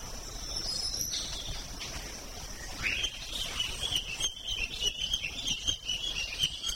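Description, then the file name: Matinan flycatcher calling with a fast run of high, twittering notes starting midway and continuing to the end, over a steady high insect whine. "sikatan matinan"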